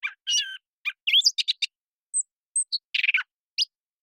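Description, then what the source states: Gray catbird song fragment with a short burst of mixed notes: a nasal slur, sharp squeaks, thin high whistles and a rough chattering phrase, then one last short note. Long developing song string of whistles, squeaks, gurgles, whines and nasal tones, phrases almost at random with some repeated notes; parabolic recording, cleaned and processed.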